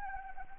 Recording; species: mosquito wingbeat signal from an infrared sensor; Anopheles arabiensis